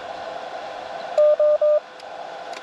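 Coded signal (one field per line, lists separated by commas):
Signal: none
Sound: antenna tuner beeps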